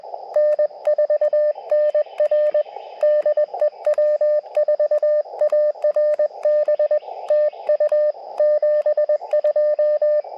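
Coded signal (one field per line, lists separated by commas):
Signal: Morse code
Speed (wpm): 20 wpm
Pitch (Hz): 600 Hz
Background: radio noise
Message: N4NR DE W4ARB TU 72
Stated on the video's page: Portable QRP CW for a sunrise Parks on the Air activation, sent with an Elecraft KX2 and KXPD2 paddle into a 17-foot vertical with a 40-meter coil.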